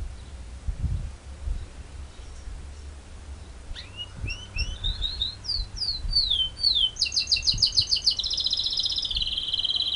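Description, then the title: White-eye song: starts near four seconds with high thin notes that fall and swoop, then builds into a fast, continuous warbling twitter at the end over low background rumble. Song in the ngerol ngalas style. "Suara Burung Pleci Ngerol Ngalas"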